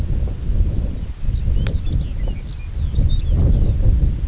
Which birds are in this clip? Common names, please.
Lapland Longspur